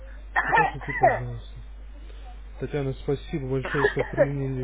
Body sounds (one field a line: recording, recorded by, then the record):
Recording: voluntary cough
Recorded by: telephone call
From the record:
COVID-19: negative